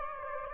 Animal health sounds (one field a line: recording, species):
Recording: mosquito wingbeat signal from an infrared sensor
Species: Aedes aegypti